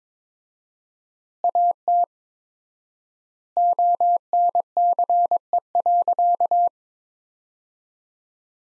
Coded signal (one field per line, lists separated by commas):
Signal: Morse code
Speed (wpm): 22 wpm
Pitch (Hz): 700 Hz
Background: none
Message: AT ONCE.